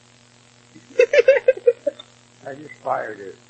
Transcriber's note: chuckles